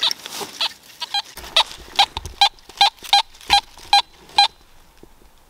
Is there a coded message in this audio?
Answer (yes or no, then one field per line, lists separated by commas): no